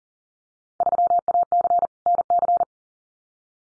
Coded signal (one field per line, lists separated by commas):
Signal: Morse code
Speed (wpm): 38 wpm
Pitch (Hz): 700 Hz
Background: none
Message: 3AC NC